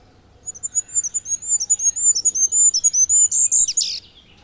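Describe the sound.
Goldcrest song, thin high notes repeated rhythmically, building to a quick buzzy final flourish.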